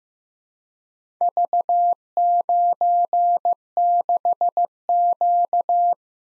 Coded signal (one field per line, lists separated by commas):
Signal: Morse code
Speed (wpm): 15 wpm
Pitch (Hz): 700 Hz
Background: none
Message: V96Q